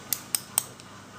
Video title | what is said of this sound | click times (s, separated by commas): Nail Surgery | so i'm gonna use them so remember they click three times listen | 0.1 s, 0.4 s, 0.6 s